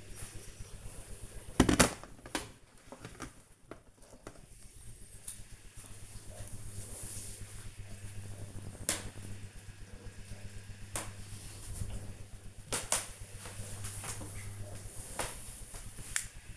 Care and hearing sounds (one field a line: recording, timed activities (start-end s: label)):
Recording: household activities, microphone on the right wrist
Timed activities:
0.00-1.39 s: making tea